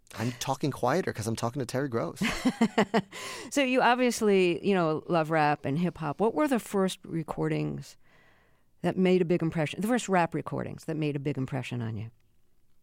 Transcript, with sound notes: I'm talking quieter because I'm talking to Terry Gross.
(Laughter) So you obviously, you know, love rap and hip-hop. What were the first recordings that made a big impression - the first rap recordings that made a big impression on you?